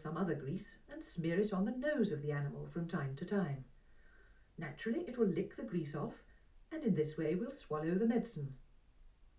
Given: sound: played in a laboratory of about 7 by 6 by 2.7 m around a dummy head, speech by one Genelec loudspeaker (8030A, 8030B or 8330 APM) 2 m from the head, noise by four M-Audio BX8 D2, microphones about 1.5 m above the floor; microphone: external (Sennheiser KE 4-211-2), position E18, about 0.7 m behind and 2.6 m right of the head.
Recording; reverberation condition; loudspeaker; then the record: female speech in English; low; 90 degrees to the left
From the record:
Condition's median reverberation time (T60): about 310 ms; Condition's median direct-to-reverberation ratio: about 3.5 dB